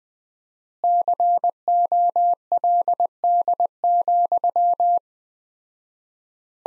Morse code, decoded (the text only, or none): COLD,